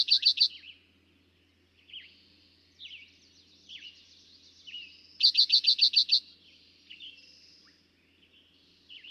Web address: songs Eastern Towhee